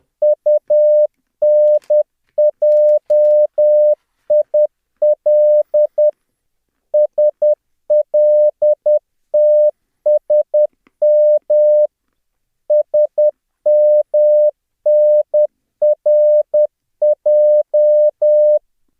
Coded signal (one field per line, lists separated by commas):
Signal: Morse code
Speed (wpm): 10 wpm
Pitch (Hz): 600 Hz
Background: none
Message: UNJIL SLTSM SMNRJ